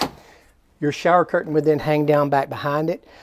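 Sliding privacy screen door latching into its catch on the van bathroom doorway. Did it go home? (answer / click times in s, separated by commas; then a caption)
yes / 0.0 s. The sliding privacy screen door on the rear bathroom doorway of a 2024 Winnebago Solis Pocket 36B van is pulled across and latches into its catch with a single sharp click at 0.0 s. A quiet pause follows, then someone talks from about 0.8 s to 3.0 s. The door is locked shut in place.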